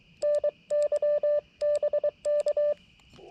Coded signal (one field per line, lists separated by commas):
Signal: Morse code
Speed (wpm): 23 wpm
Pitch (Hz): 590 Hz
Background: none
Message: NYBK